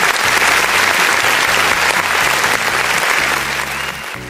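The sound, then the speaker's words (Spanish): Sustained audience applause, a dense wash of many hands clapping at once, loud and steady throughout before tapering slightly at the end. “Y el primer aplauso vaya para ellos.”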